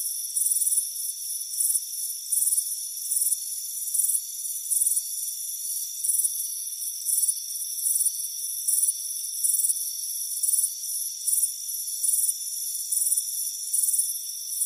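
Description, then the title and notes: Crickets give a steady series of sharp, high chirps layered over a continuous shrill insect drone. "Soothing Crickets Chirping Sound. It's a warm afternoon as you relax in a hammock on the front porch. Relax and fall asleep to the soothing sound of chirping crickets. Deep Sleep Sounds"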